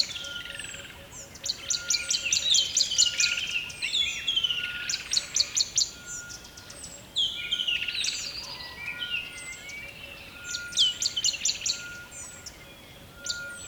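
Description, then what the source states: Bird song, several bursts of rapid high twittering and trills mixed with sweeping whistles, separated by short pauses, over steady hiss. Recorded by a river at dawn, close to the bird.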